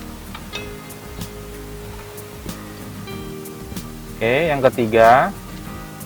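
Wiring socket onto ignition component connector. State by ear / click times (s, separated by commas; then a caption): not seated / none. A plastic wiring socket is handled at an ignition coil connector while aftermarket ignition cables are fitted to a small car, with music playing and someone talking. A brief soft knock comes near the start, but nothing has seated or clicked yet; the socket is not yet home.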